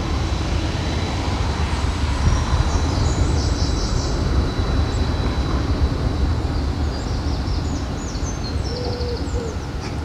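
Sounds along the river in Odense, Denmark: a steady, dense low rumble fills the whole stretch, like traffic or flowing water. Above it, bright birdsong chirps and trills come in short bursts, clustering around three seconds and again near the end.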